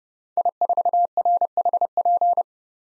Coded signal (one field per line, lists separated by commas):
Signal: Morse code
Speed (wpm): 30 wpm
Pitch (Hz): 700 Hz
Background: none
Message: I4RHP